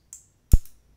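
A steel double-edge blade is pulled down against the curved base plate of a plastic Phoenix Artisan Accoutrements double-slant safety razor as the handle is screwed on. The blade bends to fit the curved plate and snaps into place with a light, high click at 0.1 s and a louder, sharper click at 0.5 s. The blade is seated.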